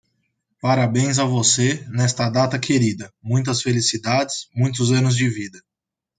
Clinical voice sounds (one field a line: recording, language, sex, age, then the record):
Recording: short text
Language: Brazilian Portuguese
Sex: male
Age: 20 to 29 years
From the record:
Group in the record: control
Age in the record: 28 years